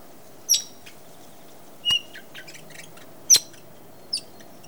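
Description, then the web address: Parrot calls: four abrupt, shrill squeaks with whistled overtones, spaced roughly a second apart, with soft scratchy sounds between them and a low background hum. "попугай"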